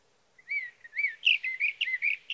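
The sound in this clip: Sage thrasher song, a run of warbled, whistled phrases that start slowly, then quicken into a continuous jumble of varied chirps and slurs.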